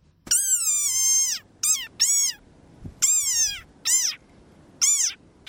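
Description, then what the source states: Desert rain frog giving high squeaky calls, six harmonic-rich squeaks with falling pitch, some drawn out and some short, spaced irregularly across a few seconds. Tiny speckled sand-coloured frog with a squeaky voice; found in the wild only in a narrow stretch of coastal sand dunes.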